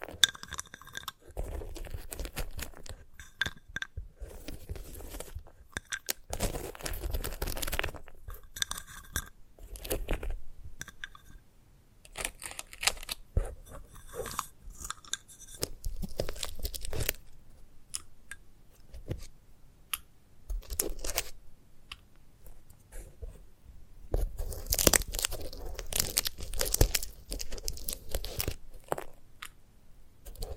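A sunflower head is handled for ASMR, giving crisp crunching, scratching and tearing sounds in irregular bursts. The bursts bunch up around six, ten and fifteen seconds and grow busiest from about twenty-four to twenty-eight seconds, with short quiet gaps between.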